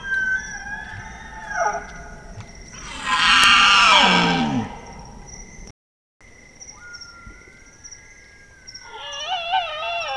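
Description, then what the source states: Bactrian deer calls: a falling tone, then a loud harsh roar that drops in pitch, and at the end a quavering, wavering harmonic call. Single male Bactrian deer.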